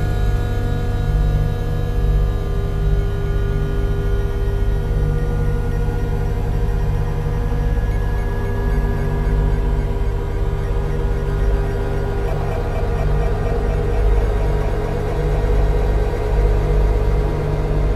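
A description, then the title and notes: A synthesizer drone holds a thick, steady low rumble with layered sustained tones stacked above it, like an idling engine. Around twelve seconds the upper tones begin to waver and shimmer faster, while the low hum and overall loudness stay constant throughout. Using old online e synths to create sounds (rather than music), in this case the Ancient Solfeggio Synthesizer I found in 2012. Then, putting the result into ambient v.3 software and improvising on it. Lots of reverb, always lots of reverb.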